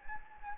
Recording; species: mosquito wingbeat signal from an infrared sensor; Anopheles gambiae